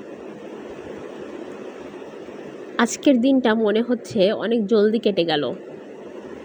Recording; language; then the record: elicited speech; Bengali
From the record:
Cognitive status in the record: cognitively healthy